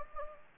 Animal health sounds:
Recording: mosquito wingbeat signal from an infrared sensor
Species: Anopheles gambiae

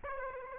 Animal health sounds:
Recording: mosquito wingbeat signal from an infrared sensor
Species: Aedes aegypti

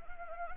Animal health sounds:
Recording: mosquito wingbeat signal from an infrared sensor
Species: Anopheles gambiae

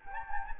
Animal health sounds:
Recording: mosquito wingbeat signal from an infrared sensor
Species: Anopheles gambiae

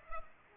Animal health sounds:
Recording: mosquito wingbeat signal from an infrared sensor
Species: Culex pipiens

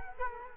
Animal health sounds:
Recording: mosquito wingbeat signal from an infrared sensor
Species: Culex quinquefasciatus

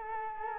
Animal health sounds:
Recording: mosquito wingbeat signal from an infrared sensor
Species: Culex quinquefasciatus

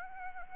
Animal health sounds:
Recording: mosquito wingbeat signal from an infrared sensor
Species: Aedes albopictus

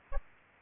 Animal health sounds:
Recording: mosquito wingbeat signal from an infrared sensor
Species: Aedes aegypti

